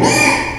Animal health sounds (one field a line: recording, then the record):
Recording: squeal of a Yucatan mini pig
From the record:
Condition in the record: before surgery on the right vocal fold (resection and tissue-engineered implant)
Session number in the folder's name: 2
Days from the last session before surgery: 0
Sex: male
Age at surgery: 12 weeks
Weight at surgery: 13 kg